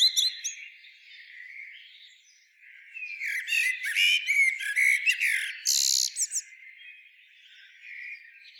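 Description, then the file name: Common blackbird gives a brief squeak, then after a quiet gap a long run of harsh, twittering squeaks and buzzy notes before fading into soft background birdsong. "Turdus merula"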